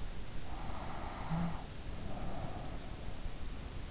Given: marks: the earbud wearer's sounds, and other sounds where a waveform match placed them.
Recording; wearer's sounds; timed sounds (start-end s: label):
sounds in sleep by an in-ear microphone; snoring breath
0.45-3.19 s: snoring breath